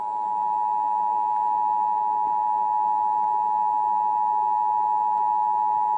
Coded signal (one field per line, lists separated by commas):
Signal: Emergency Alert System (SAME) tones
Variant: 853 and 960 Hz attention tone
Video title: Iowa Required Monthly Tests (EAS #976-995)